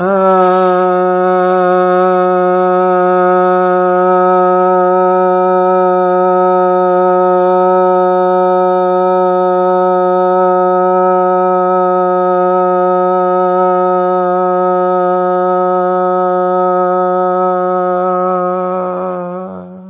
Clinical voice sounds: sustained vowel /a/; male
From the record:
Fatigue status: no fatigue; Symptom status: asymptomatic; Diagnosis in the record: COVID-19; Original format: 3gp

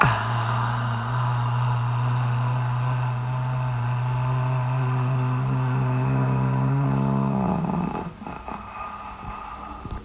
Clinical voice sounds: sustained vowel /a/; female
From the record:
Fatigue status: fatigue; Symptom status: symptomatic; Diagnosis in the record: COVID-19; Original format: m4a

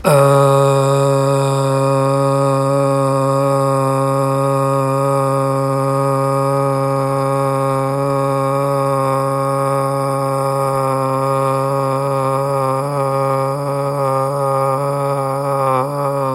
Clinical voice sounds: sustained vowel /a/; male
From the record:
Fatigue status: no fatigue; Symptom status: symptomatic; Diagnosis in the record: COVID-19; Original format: m4a

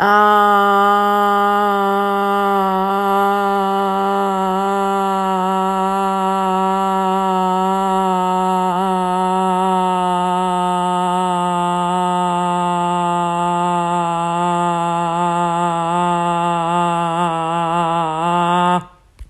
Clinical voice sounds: sustained vowel /a/; female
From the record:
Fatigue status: no fatigue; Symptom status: symptomatic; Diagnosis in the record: COVID-19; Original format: m4a

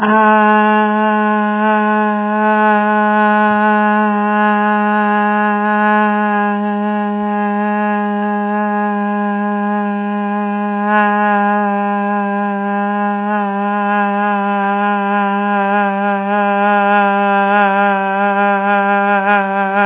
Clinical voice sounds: sustained vowel /a/; female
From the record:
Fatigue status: no fatigue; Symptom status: asymptomatic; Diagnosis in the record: COVID-19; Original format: 3gp

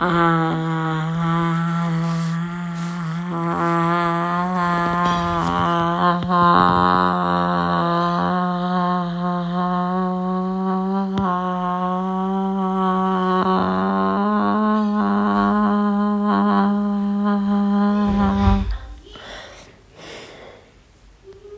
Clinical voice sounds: sustained vowel /a/; female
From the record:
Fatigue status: no fatigue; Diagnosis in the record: COVID-19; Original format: m4a

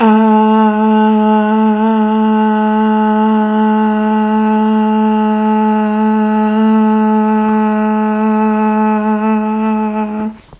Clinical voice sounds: sustained vowel /a/; female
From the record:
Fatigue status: no fatigue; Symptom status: symptomatic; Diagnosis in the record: COVID-19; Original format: 3gp

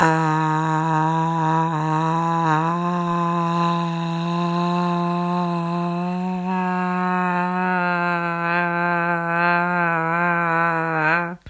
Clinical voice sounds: sustained vowel /a/; female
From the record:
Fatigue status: no fatigue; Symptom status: symptomatic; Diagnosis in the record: COVID-19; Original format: m4a

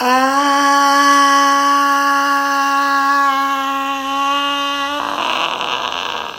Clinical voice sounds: sustained vowel /a/; female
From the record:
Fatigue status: no fatigue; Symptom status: asymptomatic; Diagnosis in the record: COVID-19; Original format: m4a

